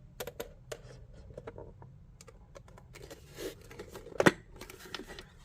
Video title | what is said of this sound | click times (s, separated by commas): Replacing stepper motor in gauge cluster on a Bobcat | they all click into place | 0.2 s, 0.4 s, 0.7 s, 4.2 s, 4.3 s, 5.0 s